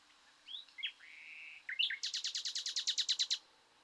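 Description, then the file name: Common nightingale song: a few soft whistles and a drawn-out note, then a fast rattling series of many repeated sharp notes. "Luscinia megarhynchos"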